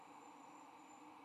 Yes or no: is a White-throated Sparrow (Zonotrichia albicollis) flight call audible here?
no